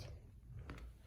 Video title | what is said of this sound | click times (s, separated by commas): Macbook air case turqoise unboxing, review and fitup | have to hear the click thing okay | 0.7 s